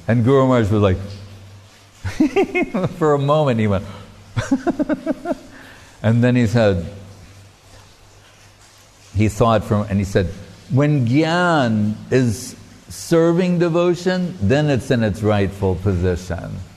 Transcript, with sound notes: And, Guru Mahārāj was like.... [facial expression, laughing] For a moment he went... [facial expression, laughing] And, then he said, he thought for a moment, and he said, “When jñān is serving devotion, then it's in its rightful position.”